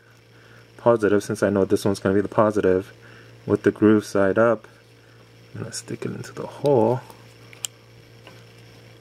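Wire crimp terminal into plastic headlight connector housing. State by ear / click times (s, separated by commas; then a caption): seated / 7.7 s. Someone talks while the red positive wire's metal crimp terminal is pushed, groove side up, into its hole in a plastic H4 HID headlight connector housing. A sharp little click at 7.7 s marks the terminal locking into place, with its tip sitting in the groove, and a couple of faint ticks follow.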